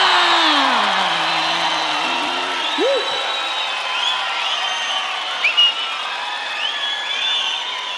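Steady, dense applause from an audience fills the whole stretch, with a few rising whistle-like calls and shouts mixed into the clapping.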